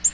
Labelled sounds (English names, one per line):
Black-throated Green Warbler flight call